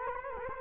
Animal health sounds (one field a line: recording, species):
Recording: mosquito wingbeat signal from an infrared sensor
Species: Culex quinquefasciatus